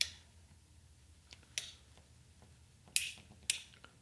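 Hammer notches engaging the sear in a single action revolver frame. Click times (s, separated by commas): 0.0 s, 1.6 s, 3.0 s, 3.5 s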